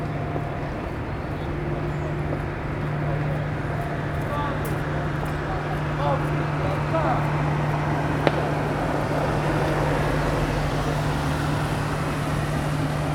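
Soldiers at early morning drill practice on a damp parade ground, with faint voices rising briefly around the sixth and seventh seconds. A steady low hum and dense rumbling murmur run throughout, and a single sharp click sounds just after eight seconds.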